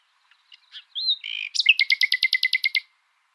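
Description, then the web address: Common nightingale song phrase: a few soft notes, a whistled slur and a buzzy note, then a fast series of many loud repeated notes. "luscinia megarhynchos call"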